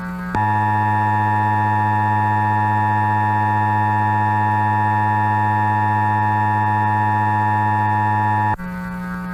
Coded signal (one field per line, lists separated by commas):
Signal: Emergency Alert System (SAME) tones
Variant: 853 and 960 Hz attention tone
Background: music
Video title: Watermark | EAS - What if EAS Alerts were activated during 9/11?